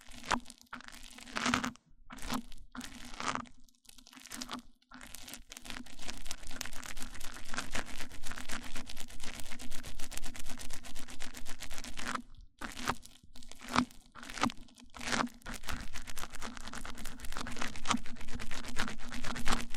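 Close mic-on-mic triggers: dense crunching, scratching rubs against a microphone, very near and intimate, with a steady low hum underneath. Bursts come in quick irregular strokes, with brief silent gaps near two, five and twelve seconds, growing fuller and more continuous later.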